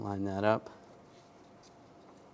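Someone talks briefly while lining up the plastic connector of a new rear brake pad wear sensor with its mating harness plug on a 2006-2009 Mercedes-Benz E350 during a rear brake replacement. Faint handling noises follow, with a small tap just after the talking. Nothing has seated or clicked yet; the connector is not home.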